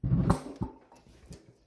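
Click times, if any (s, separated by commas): 0.3 s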